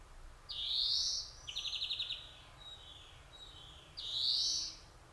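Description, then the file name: European greenfinch: a drawn-out wheezy rising call, then a quick stuttering trill, then another wheezy note. "Chloris chloris"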